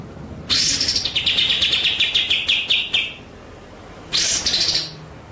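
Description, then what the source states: White-rumped shama song: a loud harsh opening slides into a quick rolling series of clear notes, then after a pause another rasping burst. Masteran (training) song in the full ngerol nembak style.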